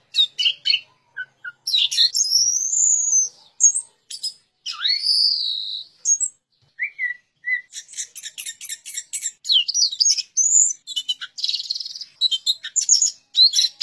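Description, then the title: Orange-headed thrush delivering a long varied song: high drawn-out squealing slurs, short soft whistles, then quick scratchy buzzing chatter. "Anis Merah"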